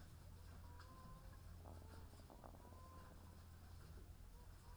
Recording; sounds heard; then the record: poultry house recording; sick chickens (respiratory disease)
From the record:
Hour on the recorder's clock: 15